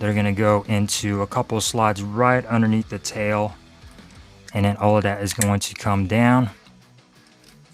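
Someone talks while handling a Transformers Rise of the Beasts Studio Series 103 Voyager Class Rhinox figure during transformation, bringing the plastic back section down so its two tabs go into the slides right underneath the tail. Only the talking is heard, with quiet gaps and no distinct clicks. Nothing has seated or clicked yet.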